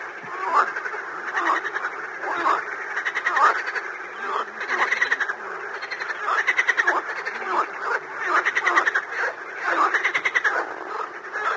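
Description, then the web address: Frog chorus of rattling, pulsed croaks, many callers overlapping in steady rhythmic waves that swell and fade roughly every second. "Звуковое лото дикие лягушка"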